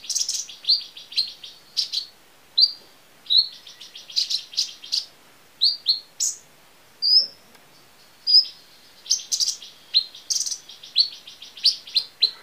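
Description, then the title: Small bird chirping: clipped, high notes and short rattly bursts at irregular intervals, some rising or falling, with quiet gaps between them. "Burung Kecil"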